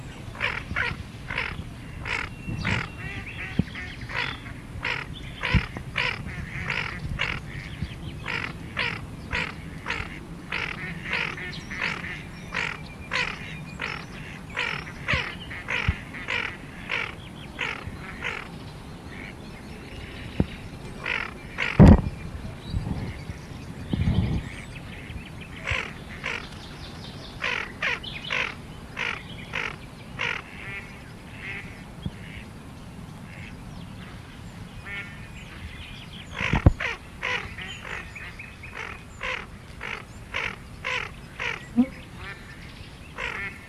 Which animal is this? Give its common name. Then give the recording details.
Tufted Duck. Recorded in the wild. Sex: pair. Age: adult. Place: Karower Teiche, Naturpark Barnim, Berlin, DE. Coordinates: 52.6222, 13.4597. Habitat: pond. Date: 1989-05-26 21:48. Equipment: Riporter 6 RG-K, Halbspur, Sennheiser MKH 416 T. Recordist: Frommolt, Karl-Heinz